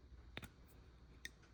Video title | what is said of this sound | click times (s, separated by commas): EP:301 Red's Return Part 1 | Did you hear the click? | 0.4 s, 1.3 s